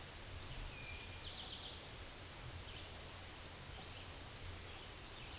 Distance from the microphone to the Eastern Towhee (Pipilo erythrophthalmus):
about 70 m